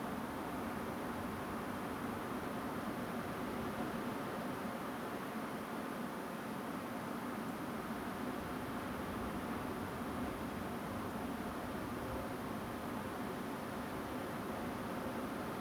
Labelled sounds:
Song Thrush
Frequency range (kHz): Song Thrush 6.6-8.4 kHz
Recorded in France

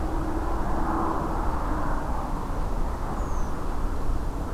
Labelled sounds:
Redwing
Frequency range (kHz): Redwing 5.8-7.2 kHz
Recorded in France

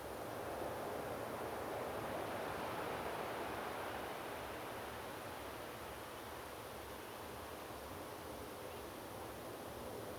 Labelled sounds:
Spotted Redshank
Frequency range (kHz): Spotted Redshank 2.5-3.2 kHz
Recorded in France

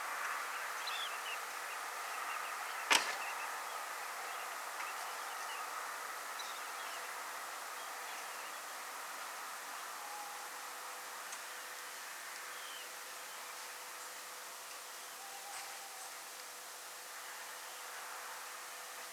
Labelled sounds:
Dunlin
unidentified sound
Tawny Owl
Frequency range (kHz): Tawny Owl 0.7-0.9 kHz
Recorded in France

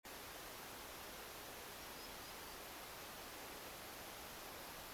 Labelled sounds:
Common Sandpiper
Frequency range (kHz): Common Sandpiper 4.3-5.8 kHz
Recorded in France

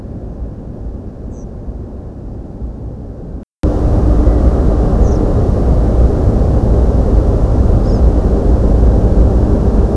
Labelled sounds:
European Pied Flycatcher
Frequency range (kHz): European Pied Flycatcher 4.5-9.3 kHz
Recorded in France

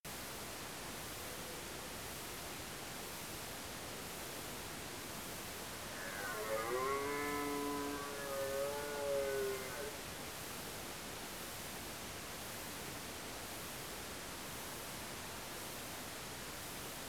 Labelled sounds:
red deer
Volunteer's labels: Cervus elaphus brame
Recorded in France

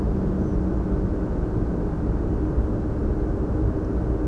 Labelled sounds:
European Pied Flycatcher
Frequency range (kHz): European Pied Flycatcher 4.8-6.6 kHz
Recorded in France

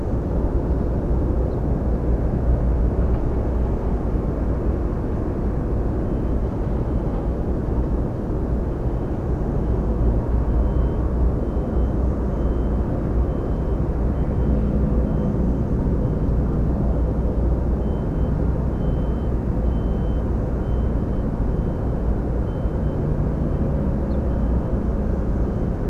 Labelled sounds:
Ortolan Bunting
man-made sound
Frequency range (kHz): Ortolan Bunting 3.2-5.0 kHz
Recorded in France

